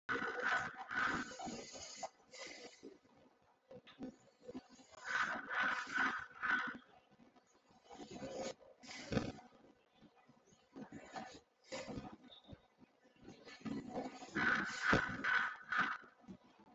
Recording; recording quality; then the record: deep breathing; moderate, slight background noise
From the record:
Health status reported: healthy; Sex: male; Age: 27 years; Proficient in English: yes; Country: India